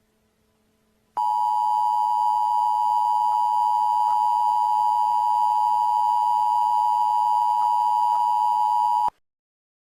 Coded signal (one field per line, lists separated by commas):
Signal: Emergency Alert System (SAME) tones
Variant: 853 and 960 Hz attention tone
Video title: Don’t Frown in Clown Town: A Halloween EAS Scenario